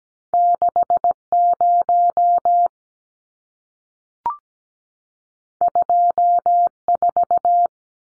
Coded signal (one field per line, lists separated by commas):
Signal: Morse code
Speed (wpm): 17 wpm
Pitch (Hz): 700 Hz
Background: none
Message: 60 24